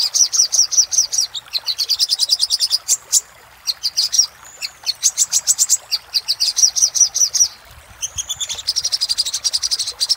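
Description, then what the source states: Little spiderhunter delivering fast bursts of piercing high chips, grouped into rattling phrases separated by short gaps. Master recording for training cage birds; 'Labaik' type of little spiderhunter song.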